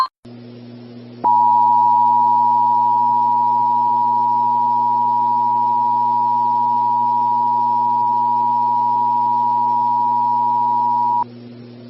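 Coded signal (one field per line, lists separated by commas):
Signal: Emergency Alert System (SAME) tones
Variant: 853 and 960 Hz attention tone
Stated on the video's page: Fictional EAS scenario, Pokemon-themed.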